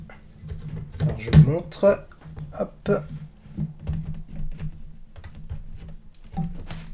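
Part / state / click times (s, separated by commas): monitor stand into monitor back mount / seated / 6.7 s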